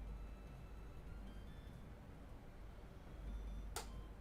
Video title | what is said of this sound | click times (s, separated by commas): CHARITY STREAM: Cursed SPARCStation 5 Shenanigans (US Election Day Special) | oh wait I just heard a click | 3.8 s